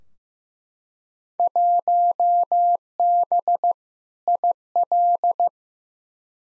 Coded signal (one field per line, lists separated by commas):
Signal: Morse code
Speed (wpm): 15 wpm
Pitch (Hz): 700 Hz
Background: none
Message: 1B IL